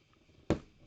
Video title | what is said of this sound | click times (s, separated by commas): Blaster Build Stream - FTEC, Meaker Mk 28, Mega Ultra 2 | it into the hole snaps into place | 0.5 s